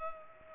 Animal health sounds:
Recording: mosquito wingbeat signal from an infrared sensor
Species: Culex pipiens

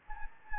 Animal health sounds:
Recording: mosquito wingbeat signal from an infrared sensor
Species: Anopheles gambiae

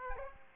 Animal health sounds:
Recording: mosquito wingbeat signal from an infrared sensor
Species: Aedes aegypti

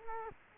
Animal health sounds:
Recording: mosquito wingbeat signal from an infrared sensor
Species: Culex quinquefasciatus

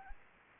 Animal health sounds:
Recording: mosquito wingbeat signal from an infrared sensor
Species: Anopheles gambiae

